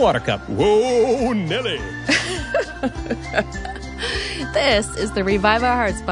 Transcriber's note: laughs